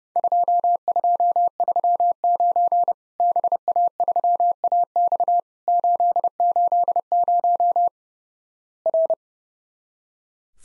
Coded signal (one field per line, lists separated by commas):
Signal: Morse code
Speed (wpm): 29 wpm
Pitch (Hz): 700 Hz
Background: none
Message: 2239 BA3AX 880 R